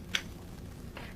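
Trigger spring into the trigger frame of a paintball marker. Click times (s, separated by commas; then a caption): 0.2 s. A small object pushes back the trigger spring and catches it at the front, so it snaps into place in the trigger frame of a paintball marker during reassembly. A sharp, bright click at 0.2 s marks the spring seating, and a fainter, duller sound follows near 1.0 s over a low steady background. The spring is seated.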